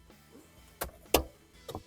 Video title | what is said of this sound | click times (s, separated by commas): How To Rebuild a Toyota RAV4 3SFE Engine for UNDER $500 – Full Budget Build! | keep pushing until you hear a click. | 1.2 s